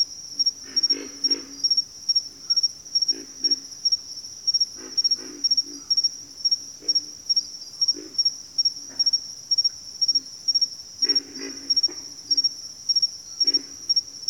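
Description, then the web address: Pig frog calling with hoarse low grunts, singles and tight pairs every second or two, over a bright continuous insect trill. "Nature Songs Nature Sounds Sounds of Nature Collection Pig Frogs"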